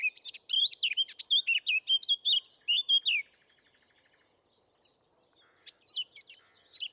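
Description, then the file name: Eurasian blackcap with a rapid warble of chirps and clear whistles lasting about three seconds, then near silence before a new phrase begins. "Sylvia atricapilla"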